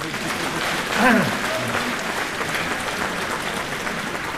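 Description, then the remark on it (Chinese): An audience applauds steadily from start to finish at a Chinese crosstalk (xiangsheng) performance, welcoming a 78-year-old performer onto the stage. It is a dense, even patter of many hands clapping, with a short voiced call rising briefly above it about a second in. “陈先生七十八了，可以引场，再鼓鼓掌。”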